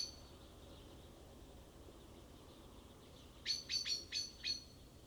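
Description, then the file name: Common blackbird producing a single run of five sharp, high chinking notes near the end, after several seconds of quiet background hiss. "Turdus merula"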